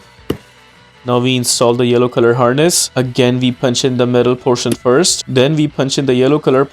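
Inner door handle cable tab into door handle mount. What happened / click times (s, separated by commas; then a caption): A plastic cable tab snaps into its mount / 0.3 s. A 2022-2025 Mitsubishi Outlander rear door's inner door handle cable is refitted: the metal end goes in first, then the blue plastic tab is punched into its slot on the door handle mount. A single sharp snap is heard at 0.3 s as the tab seats into place. Afterward, someone talks over background music.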